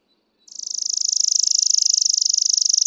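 Chipping Sparrow singing a rapid, level trill of sharp high chips that swells quickly and runs on steadily.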